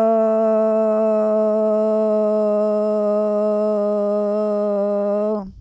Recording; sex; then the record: sustained vowel /o/; female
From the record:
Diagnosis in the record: Parkinson's disease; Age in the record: 65 years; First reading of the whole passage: 242 s, 2.1 characters per second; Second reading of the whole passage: 180 s, 2.9 characters per second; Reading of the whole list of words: 168 s, 1.7 characters per second